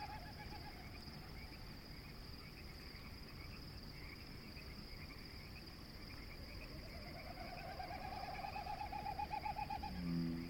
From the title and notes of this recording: Frogs and Snipe. This is an evening recording made at the Conboy Lake National Wildlife Refuge. I can identify, quite readily, the Bullfrogs and Pacific Chorus Frogs... This track is straight from the recorder, down-mixed to stereo from Double-MS, boosted +15db (despite the pre-amps already being open all the way), down sampled to 48kHz from 192kHz. Biophony: frogs, frogs, more frogs, Wilson's Snipe, waterfowl coots?